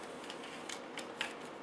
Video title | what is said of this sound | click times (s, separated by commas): Remotoy 1/16 RC Landcruiser WPL-C44KM Metal Edition Crawler Build | hood snaps on everything pretty much snaps together with a few screws | 1.2 s